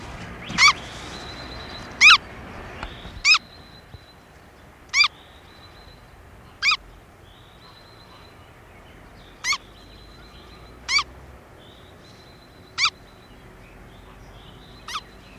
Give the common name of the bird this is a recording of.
Black-necked Grebe